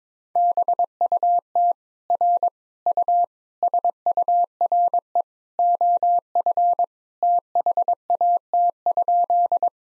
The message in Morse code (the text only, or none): BUT R U SURE OF THAT?